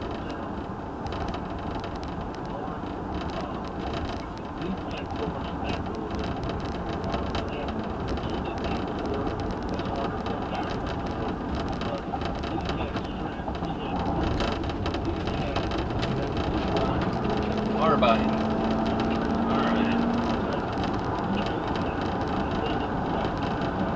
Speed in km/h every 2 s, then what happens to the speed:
72, 72, 71, 72, 79, 82, 82, 82, 84, 92, 98, 101.
0-5 steady at about 72. 5-10 speeds up to 82. 10-17 steady at about 82. 17-24 speeds up to 101.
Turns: none.